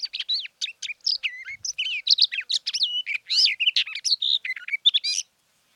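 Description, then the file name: Barred warbler song: a fast, scratchy warble of chattering notes mixed with short clear whistles, running without a break for about five seconds, then silence. "sperbergrasmuecke"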